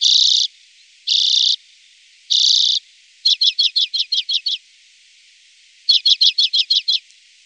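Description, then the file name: Common redpoll calls: three broad, buzzy wheezing notes, then two quick rattling series of sharp stuttering chips. "Grasiska"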